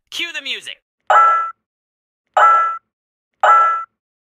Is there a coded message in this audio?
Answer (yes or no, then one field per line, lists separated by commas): no